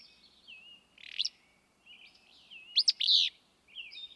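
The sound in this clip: Willow flycatcher: a rasping buzz followed shortly by an emphatic burry two-part phrase, amid thin whistled notes of other birds.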